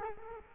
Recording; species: mosquito wingbeat signal from an infrared sensor; Culex quinquefasciatus